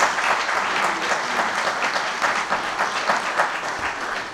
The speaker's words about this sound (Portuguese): Aliás, também quero uma salva de palmas ao nosso Presidente que nos fez a hora de estar presente.